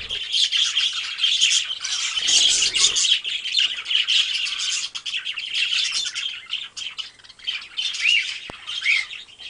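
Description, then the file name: Many Budgerigar calling at once, continuous shrill chirping and harsh squeaks with a few clearer notes near the end. A flock of parakeets calling together. "suara parkit rombongan. omkicau"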